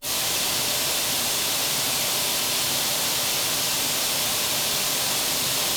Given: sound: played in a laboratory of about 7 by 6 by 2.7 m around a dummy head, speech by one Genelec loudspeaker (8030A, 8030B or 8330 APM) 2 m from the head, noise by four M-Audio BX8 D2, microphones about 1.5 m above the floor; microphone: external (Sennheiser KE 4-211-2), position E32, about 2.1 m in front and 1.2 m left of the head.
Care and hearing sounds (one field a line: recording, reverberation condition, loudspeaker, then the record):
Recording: white noise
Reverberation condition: high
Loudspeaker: four, about 170 cm from the corners of the room and facing them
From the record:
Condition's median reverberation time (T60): about 1300 ms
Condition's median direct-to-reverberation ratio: about -4.0 dB